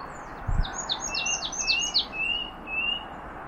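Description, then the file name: Marsh tit call: a quick run of sharp, high, downslurred notes followed by a couple of thin, drawn-out whistles. "Poecile palustris"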